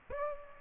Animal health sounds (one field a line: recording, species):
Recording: mosquito wingbeat signal from an infrared sensor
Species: Aedes aegypti